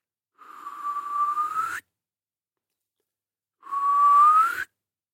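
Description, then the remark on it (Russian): A person whistles two long, steady notes separated by a short silence, each holding a fairly high pitch before sliding upward at the end, whistling again and again into the darkness of a dense spruce forest. No one speaks. “Снова и снова свистел Моран, вглядываясь в темноту перед собой, надеясь и опасаясь увидеть вдали движение.”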